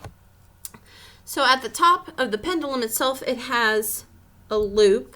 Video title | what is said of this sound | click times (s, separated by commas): The Truth Fairy by Amy Zerner & Monte Farber Review (Enchanted Pendulum and Message Board Kit) | makes a little click noise and seals. I don't think things are going to fall out of this easily. | 0.7 s